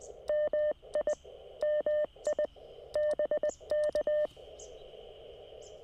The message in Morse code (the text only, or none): MI MI BK